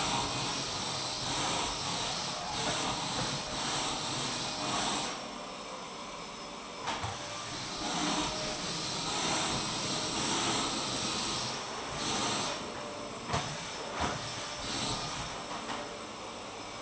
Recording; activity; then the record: daily activity, microphone in the room; vacuum cleaning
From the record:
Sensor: 1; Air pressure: 1002.0 hPa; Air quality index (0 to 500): 242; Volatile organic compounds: 47 ppm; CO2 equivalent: 3255 ppm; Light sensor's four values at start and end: 8/27/10/11 and 8/28/10/11